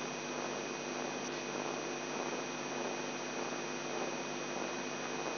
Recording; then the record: brain microelectrode recording played as sound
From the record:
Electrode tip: inside the subthalamic nucleus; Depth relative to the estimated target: 2 mm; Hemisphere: left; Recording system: AlphaMap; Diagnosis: Parkinson's disease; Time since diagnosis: 11 years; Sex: male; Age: 42 years